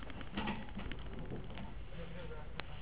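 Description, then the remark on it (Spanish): A chair being swapped for another one, with soft scuffs and rustling broken by a few sharp knocks and clicks spread irregularly through the few seconds. “voy a cambiar de silla porque se cae esto.”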